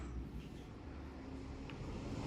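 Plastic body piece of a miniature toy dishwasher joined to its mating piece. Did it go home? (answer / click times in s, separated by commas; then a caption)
no / none. Two small plastic pieces of a miniature toy dishwasher kit are handled as the plastic body piece is brought to its mating piece, over a steady low background rumble. A brief faint tick at 1.7 s is only handling noise. Nothing has seated or clicked yet when the clip ends.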